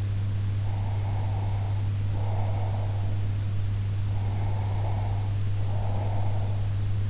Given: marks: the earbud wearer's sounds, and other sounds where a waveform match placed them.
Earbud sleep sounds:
sounds in sleep by an in-ear microphone; breath
0.68-3.26 s: breath
4.11-6.60 s: breath

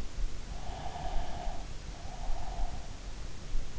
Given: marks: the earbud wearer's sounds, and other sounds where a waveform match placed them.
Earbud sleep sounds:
sounds in sleep by an in-ear microphone; breath
0.42-3.07 s: breath

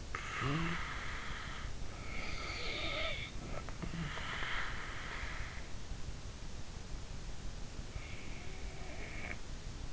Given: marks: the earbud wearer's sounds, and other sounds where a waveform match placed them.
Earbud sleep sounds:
sounds in sleep by an in-ear microphone; snoring breath
0.00-1.71 s: snoring breath
1.80-5.47 s: snoring breath
8.36-9.45 s: snoring breath

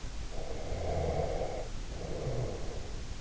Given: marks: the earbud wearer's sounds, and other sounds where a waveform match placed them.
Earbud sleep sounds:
sounds in sleep by an in-ear microphone; breath
0.23-3.11 s: breath

